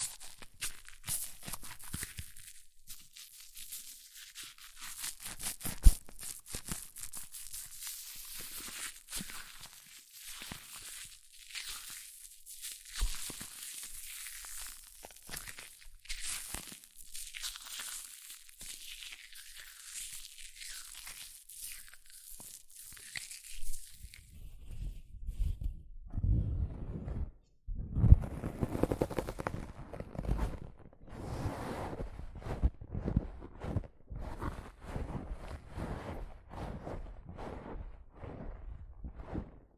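Hair mousse fizzes and crackles in a dense, continuous hiss of tiny bright pops, swelling and fading in short waves. Around 25 seconds the sound turns heavier and lower, with squishing, crinkly handling noises and a few sharper louder pops near 28 seconds.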